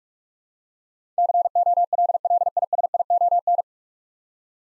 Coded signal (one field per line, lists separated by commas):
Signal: Morse code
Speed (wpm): 45 wpm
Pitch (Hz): 700 Hz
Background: none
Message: COLLISION